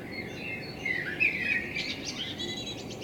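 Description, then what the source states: Common blackbird giving one short warbled phrase that breaks into a high squeaky twitter, over a steady hiss. Blackbird in front of the recordist's window; captured binaurally with a self-built dummy head, for headphone listening.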